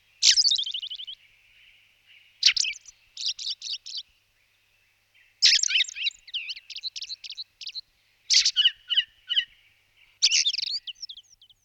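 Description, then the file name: Ring ouzel singing repeated phrases: a loud, rapid chattering note burst followed by a string of quick chirps, each phrase roughly every two to three seconds. "Kos horsky Turdus torquatus"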